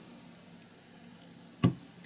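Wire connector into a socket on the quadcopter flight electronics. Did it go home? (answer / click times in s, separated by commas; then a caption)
yes / 1.6 s. A small wire connector is pressed by hand into a socket on the flight electronics of an Armattan Beaver quadcopter build. Against low background noise, a faint tick comes at 1.2 s, then a sharp, loud click at 1.6 s as the connector clicks into place, confirmed as seated with a good connection.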